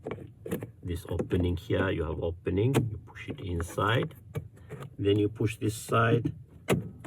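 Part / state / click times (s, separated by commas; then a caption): cabin air filter cover into car blower housing / seated / 6.7 s. A plastic air-conditioning cabin filter cover on a Proton Saga is fitted into the blower housing behind the glove box by hooking one side under the opening and pushing the other side in while someone talks. A sharp click at 6.7 s marks the cover seating in place.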